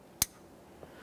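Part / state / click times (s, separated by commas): O2 sensor wiring harness connector into vehicle harness connector / seated / 0.2 s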